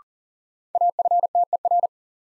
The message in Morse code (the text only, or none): AFTER